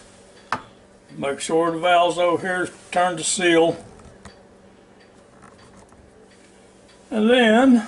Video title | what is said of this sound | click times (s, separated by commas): NINJA FOODi and the most TENDER GIZZARDS you will ever have | wise until it locks into place make | 0.5 s